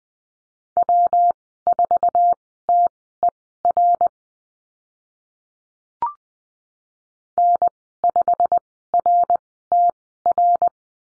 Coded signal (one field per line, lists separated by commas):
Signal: Morse code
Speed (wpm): 20 wpm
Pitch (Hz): 700 Hz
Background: none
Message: W4TER N5RTR